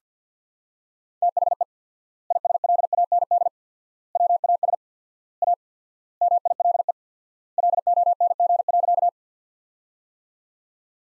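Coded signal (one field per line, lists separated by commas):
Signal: Morse code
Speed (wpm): 50 wpm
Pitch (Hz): 700 Hz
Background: none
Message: THE ISLAND WAS A MILE LONG.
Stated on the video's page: Morse practice sentences from the top 500 words at 50 wpm with 4x word spacing, a word-based approach analogous to the Farnsworth method.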